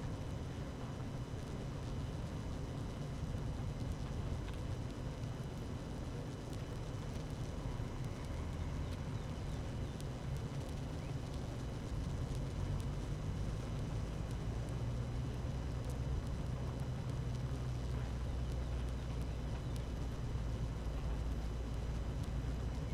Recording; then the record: honeybee colony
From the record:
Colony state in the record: active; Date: 12 June 2018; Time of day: 12:39